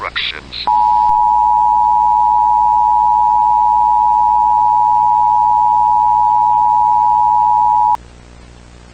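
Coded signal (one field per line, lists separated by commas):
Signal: Emergency Alert System (SAME) tones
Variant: 853 and 960 Hz attention tone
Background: speech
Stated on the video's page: Fictional EAS scenario, simulated.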